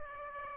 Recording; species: mosquito wingbeat signal from an infrared sensor; Aedes aegypti